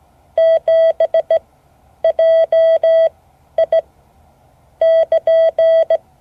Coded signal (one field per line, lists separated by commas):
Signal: Morse code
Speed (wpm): 17 wpm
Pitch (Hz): 650 Hz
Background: none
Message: 7 JI <KN>